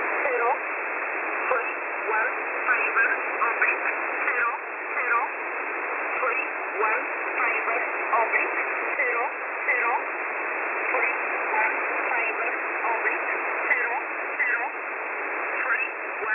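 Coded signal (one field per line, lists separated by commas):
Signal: numbers station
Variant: E11 Oblique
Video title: E11 Oblique 21/11/2022 1300 UTC 4909kHz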